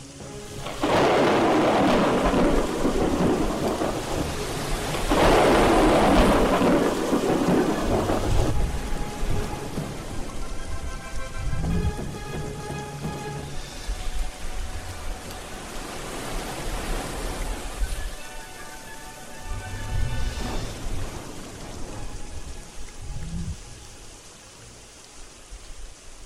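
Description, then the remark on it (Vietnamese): Heavy rain hisses steadily while deep thunder rumbles roll in over a foaming sea, with loud broad bursts early on and later fainter grumbles over the constant downpour; no one speaks. “Riêng nàng tiên cá vẫn trầm lặng ngồi trên núi băng, ngắm nghía những tia chớp nổ sam trên mặt biển ngầu bọt.”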